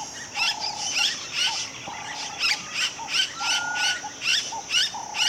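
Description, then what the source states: Birds calling: a repeated pattern of short, even notes alternating with brief higher chirpy bursts, over a constant high hum. Intense bird singing in a West African countryside ambience.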